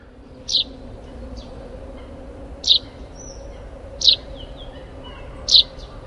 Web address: 山麻雀